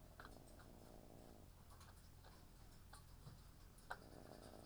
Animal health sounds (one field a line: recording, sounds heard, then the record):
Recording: poultry house recording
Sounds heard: sick chickens (respiratory disease)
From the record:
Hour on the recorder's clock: 9